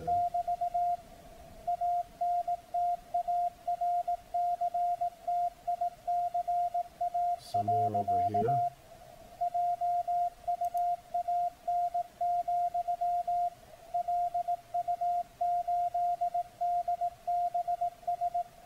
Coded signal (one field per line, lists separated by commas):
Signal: Morse code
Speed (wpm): 18 wpm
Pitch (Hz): 700 Hz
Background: none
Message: <BT> ANTARCTICA. JUAN, LU8DBS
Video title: Decoding CW with Multipsk and SDRplay RSPdx receiver on 7047505 KHz